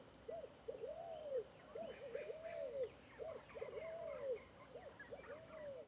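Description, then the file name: Scaled dove phrases repeated steadily: one short low coo followed by a longer arching coo, again and again, with soft chirping from other birds behind. Several birds calling together in a bamboo grove; local name fogo-apagou. "Varios Passaros Fogo Apagou Juntos em Bambuzau"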